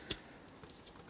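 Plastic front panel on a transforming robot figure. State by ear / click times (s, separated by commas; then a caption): released / 0.1 s. A plastic front panel on a Transformers MP-20 Masterpiece Wheeljack transforming robot figure is popped open to reach the head compartment. A single sharp click sounds at 0.1 s, followed by a couple of faint ticks, and the panel is released open.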